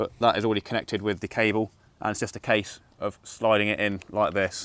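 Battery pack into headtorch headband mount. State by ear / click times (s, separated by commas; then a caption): not seated / none. A Fenix HP35R headtorch battery pack, already connected to the headtorch by its cable, is being slid into its plastic holder on the headband while someone talks throughout. Nothing has seated or clicked yet.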